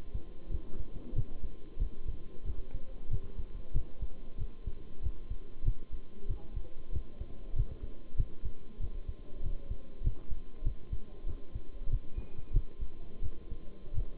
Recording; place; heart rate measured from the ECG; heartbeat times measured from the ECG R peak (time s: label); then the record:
heart sounds by stethoscope; between the tricuspid and mitral areas; 94 bpm
0.50 s: heartbeat
1.15 s: heartbeat
1.79 s: heartbeat
2.45 s: heartbeat
3.09 s: heartbeat
3.73 s: heartbeat
4.37 s: heartbeat
5.01 s: heartbeat
5.64 s: heartbeat
6.27 s: heartbeat
6.92 s: heartbeat
7.55 s: heartbeat
8.16 s: heartbeat
8.79 s: heartbeat
9.42 s: heartbeat
10.03 s: heartbeat
10.64 s: heartbeat
11.26 s: heartbeat
11.89 s: heartbeat
12.52 s: heartbeat
13.21 s: heartbeat
13.93 s: heartbeat
From the record:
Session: bicycle stress test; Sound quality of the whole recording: good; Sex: male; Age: 23 years